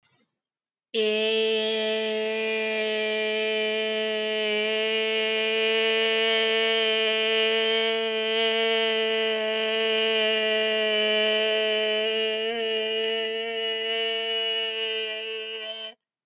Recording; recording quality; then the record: sustained vowel as in made; excellent, no background noise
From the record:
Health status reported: healthy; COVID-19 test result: negative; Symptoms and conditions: cough, cold, fever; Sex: female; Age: 29 years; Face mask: not worn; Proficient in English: yes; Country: India